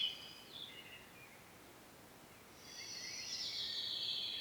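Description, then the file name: Common blackbird: a short phrase at the start, then a thin, high twittering passage that persists to the end over steady background hiss. "Turdus merula"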